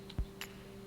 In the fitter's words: and then so just going in like this and then push it in until it clicks in place